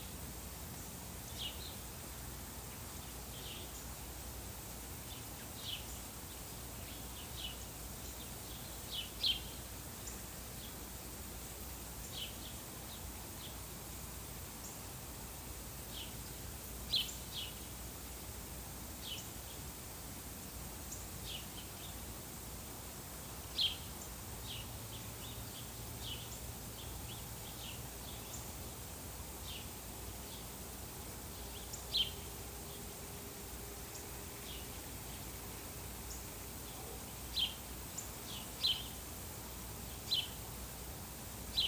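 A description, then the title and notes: Sprinklers hiss steadily in the background, a constant wash that barely changes for the whole recording. Short, high chirps, likely birds, repeat throughout, with sharper peaks near 9, 17, 24, 32 and 37–40 seconds. A faint low hum passes midway. Sprinklers in background.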